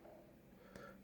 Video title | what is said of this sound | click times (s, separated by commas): Petzl TIKKA vs Petzl Actik vs Petzl Aria2 - порівняльний огляд та тести | ось так опускаю і все, отак ліхтар, бачите, зафіксувався. | 0.8 s